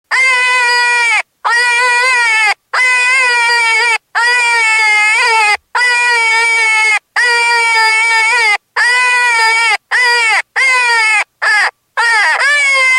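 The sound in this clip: Cottontail rabbit distress screaming: a steady run of about eleven loud, strained wails, the last few shorter and choppier.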